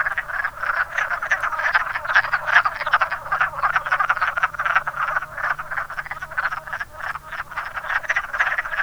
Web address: zoology woodfrog